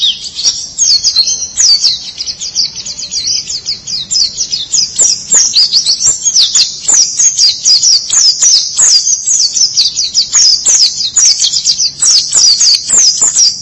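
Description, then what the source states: White-eye song: a long, unbroken run of rapid, high, sweet twittering notes delivered steadily throughout. Chirping song.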